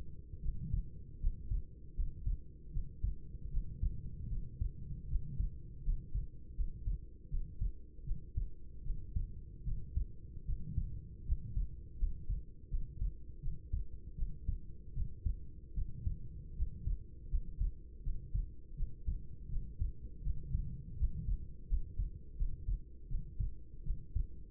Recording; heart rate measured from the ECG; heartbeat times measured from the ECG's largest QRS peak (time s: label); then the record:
heart sounds by stethoscope; 79 bpm
0.40 s: heartbeat
1.18 s: heartbeat
1.94 s: heartbeat
2.70 s: heartbeat
3.49 s: heartbeat
4.28 s: heartbeat
5.06 s: heartbeat
5.82 s: heartbeat
6.54 s: heartbeat
7.28 s: heartbeat
8.03 s: heartbeat
8.82 s: heartbeat
9.63 s: heartbeat
10.44 s: heartbeat
11.24 s: heartbeat
11.97 s: heartbeat
12.68 s: heartbeat
13.39 s: heartbeat
14.14 s: heartbeat
14.92 s: heartbeat
15.73 s: heartbeat
16.54 s: heartbeat
17.28 s: heartbeat
18.01 s: heartbeat
18.74 s: heartbeat
19.48 s: heartbeat
20.21 s: heartbeat
20.95 s: heartbeat
21.67 s: heartbeat
22.35 s: heartbeat
23.06 s: heartbeat
23.82 s: heartbeat
From the record:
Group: healthy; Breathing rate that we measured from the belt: 12 breaths a minute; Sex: female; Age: 26 years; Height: 165 cm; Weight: 55 kg